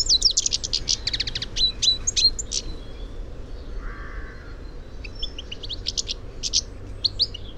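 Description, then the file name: European goldfinch calls: bursts of rapid, high, tinkling chirps in two clusters, with a short low buzzy sound in between and a steady low rumble beneath. "Carduelis carduelis"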